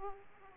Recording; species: mosquito wingbeat signal from an infrared sensor; Aedes aegypti